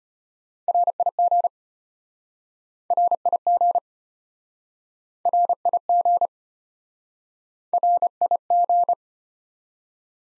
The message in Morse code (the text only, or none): RIG RIG RIG RIG